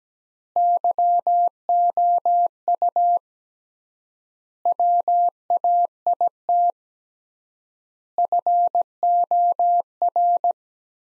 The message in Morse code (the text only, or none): YOU WAIT FOR